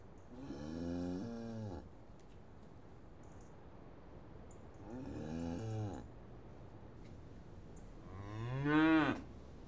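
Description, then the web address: Cow mooing: three long, low, harmonic moos, the last one loudest and rising, with quiet background noise between calls. Several cows mooing in a yard. "BBC Sound Effects Library BBC 35-Livestock. Cows Mooing In Yard"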